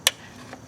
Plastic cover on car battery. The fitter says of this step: and you hear it snap